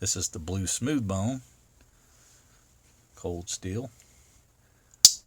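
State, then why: Seated. Someone talks, then after a pause a slip-joint stockman pocket knife with a blue smooth bone handle is closed. Its blade snaps shut into the handle under the backspring with a sharp, loud click at 5.1 s, and the blade is seated.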